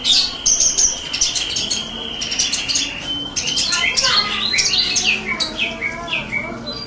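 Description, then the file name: Blue-crowned hanging parrot chattering in fast, uneven, high-pitched chirps and shrill squeaks, busy throughout, with brief sliding notes. "burung serindit"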